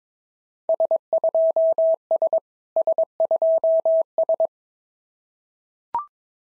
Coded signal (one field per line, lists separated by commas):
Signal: Morse code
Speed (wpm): 22 wpm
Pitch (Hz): 650 Hz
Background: none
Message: S2S S2S